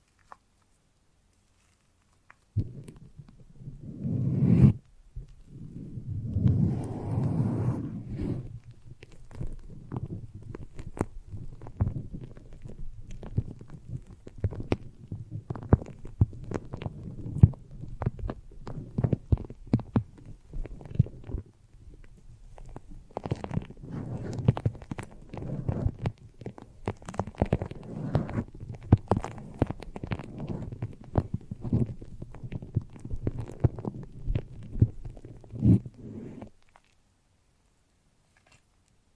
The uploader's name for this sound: The Foamiest and Stickiest Brain Massage